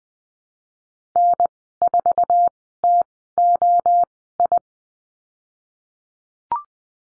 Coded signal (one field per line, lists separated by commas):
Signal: Morse code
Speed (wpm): 20 wpm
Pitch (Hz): 700 Hz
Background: none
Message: N4TOI